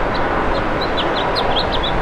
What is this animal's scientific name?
Haemorhous mexicanus